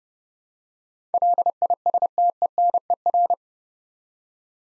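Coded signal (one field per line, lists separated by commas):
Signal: Morse code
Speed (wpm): 28 wpm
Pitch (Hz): 700 Hz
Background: none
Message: LISTENER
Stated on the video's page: Morse practice at 30 wpm sending 8-letter words for head-copy drill, each word sent twice.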